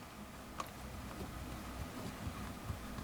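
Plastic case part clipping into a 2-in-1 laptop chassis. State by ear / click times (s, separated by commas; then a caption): not seated / none. A plastic case part of a Lenovo Yoga 12.5" 2-in-1 laptop is being pressed back into the chassis after checking that nothing catches. Against a steady low hum, there is a sharp tap at about 0.6 s and a few soft knocks near 2.3 s and 2.7 s. Nothing has seated or clicked into place yet.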